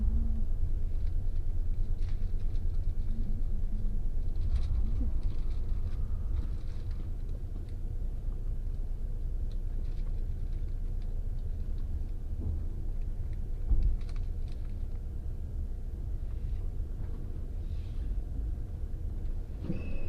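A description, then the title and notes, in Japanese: A train journey gives a steady low rumble and rattle throughout, with faint clicks and brief squeals scattered across the twenty seconds. 鉄道旅 佐賀→博多→中洲川端→呉服町。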